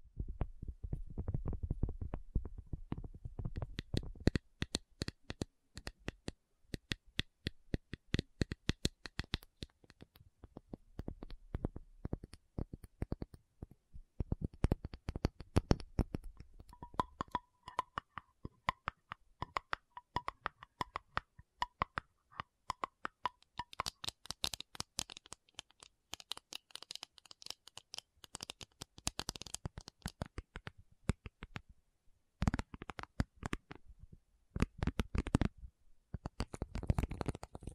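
Rapid tapping clatters in dense bursts and short pauses, shifting between dull thumps and brighter clicks, with a faint tone near twenty seconds.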